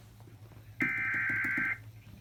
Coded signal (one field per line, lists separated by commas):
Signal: Emergency Alert System (SAME) tones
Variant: header bursts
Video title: EAS 143 SVR